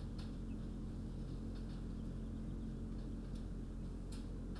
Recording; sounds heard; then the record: poultry house recording; healthy chickens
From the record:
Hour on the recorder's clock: 20